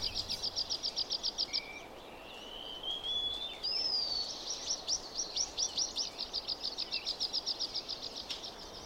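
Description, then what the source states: Wallcreeper song: thin rising whistled notes, a slurred upward whistle near the middle, amid many rapid high ticking notes. Simple, lonely, melancholy song likened to a distant ptarmigan whistle; nest in a small cave nearby.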